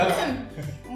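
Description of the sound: A single loud adult cough bursts out and fades within a second, with faint voices indoors.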